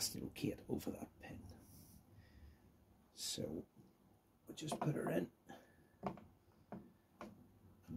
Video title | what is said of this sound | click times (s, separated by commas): Kawasaki ZZR 1100D six speed transmission into a ZRX 1200R | that goes over that I that's it clicked | 7.2 s